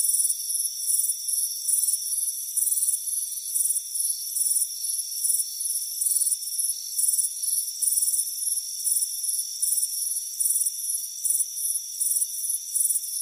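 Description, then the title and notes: Dense cricket chirping with overlapping short trills, several callers blending into a busy high pulse above a continuous hum. Crickets chirping on a warm afternoon by a front porch. "Soothing Crickets Chirping Sound. It's a warm afternoon as you relax in a hammock on the front porch. Relax and fall asleep to the soothing sound of chirping crickets. Deep Sleep Sounds"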